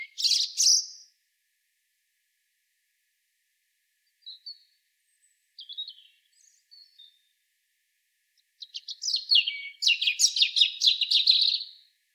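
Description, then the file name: European robin song: a high warbled burst at the start, scattered faint thin notes, then a long rapid trilling, tinkling phrase near the end; background otherwise silent. "Erithacus rubecula"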